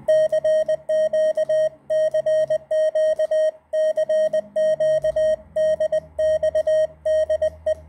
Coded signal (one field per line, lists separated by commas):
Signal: Morse code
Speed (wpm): 20 wpm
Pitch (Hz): 620 Hz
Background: none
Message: CQCQCQDXDE